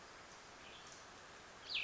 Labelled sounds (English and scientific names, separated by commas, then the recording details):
Cassin's Vireo (Vireo cassinii)
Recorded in Sonoma County, California